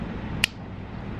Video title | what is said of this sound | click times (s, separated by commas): Korean Beauty Haul! - 2016 | it click and I really like that because it really ensures that the lid is closed | 0.4 s